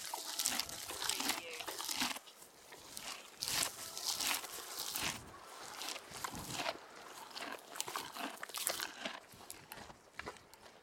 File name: Horse Eat Hay